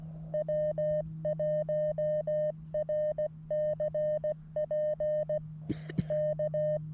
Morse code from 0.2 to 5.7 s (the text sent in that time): W1RCP